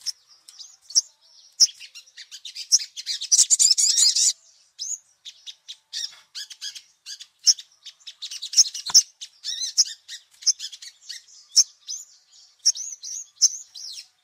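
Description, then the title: Little spiderhunter song: a long, rambling run of high, rapid chirps and sharp notes, with a dense burst of loud trilled notes near the start. "Labaik" song variety; used as a tutor to teach songbirds. "Masteran Burung Sogok Ontong Labaik"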